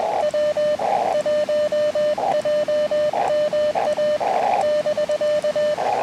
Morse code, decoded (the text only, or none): W1JMA <BK>